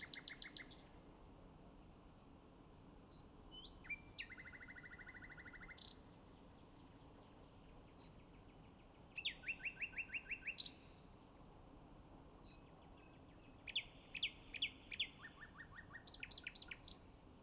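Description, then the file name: Common nightingale song: varied phrases of rapid repeated notes, buzzy pulsed runs and short whistles, with pauses between them, over a steady low background hiss. "Luscinia megarhynchos"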